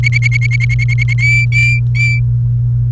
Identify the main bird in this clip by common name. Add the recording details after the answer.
Domestic Canary. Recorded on 30 April 2018 at 08:11. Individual llb3